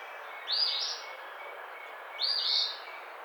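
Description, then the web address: Eastern Phoebe repeating a brief raspy two-note phrase twice, about 1.7 seconds apart, over a steady hiss. Recorded 11 April 2009. "Eastern Phoebe 2009 04 11"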